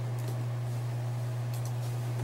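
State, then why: Not seated. A second RAM memory stick is slid by hand into the two channels of a motherboard DIMM slot and lowered, needing to go down further before any real pushing. Only a steady low hum is heard, with faint light rustles around 0.2–0.3 s and 1.5–1.7 s. Nothing has seated or clicked yet.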